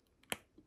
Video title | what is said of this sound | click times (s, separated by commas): Honor Magicbook X 15 - Démontage et changement d'écran | délicat il faut pas le faire trop fort que si vous êtes pas bien éigné ça va pas rentrer et on va entendre le clic voyez c'est | 0.3 s